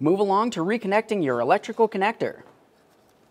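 Someone talks while getting ready to reconnect the plastic electrical connector to the ignition coil during a spark plug replacement on a 2004-2006 Scion xB. The talking stops at about 2.5 s and is followed by near silence. The connector has not seated or clicked yet.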